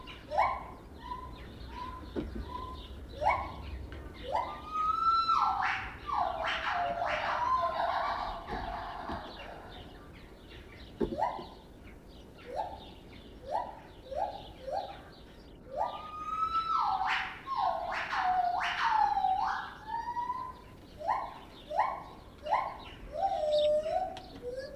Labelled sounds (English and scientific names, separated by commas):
Lar Gibbon (Hylobates lar)